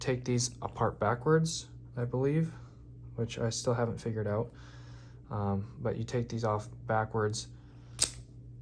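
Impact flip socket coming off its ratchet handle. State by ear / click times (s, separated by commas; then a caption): released / 8.0 s. A metal impact flip socket, from a 7-in-1 set, is worked off the end of its ratchet handle backwards while someone talks. A single sharp snap at 8.0 seconds marks the socket popping free of the handle.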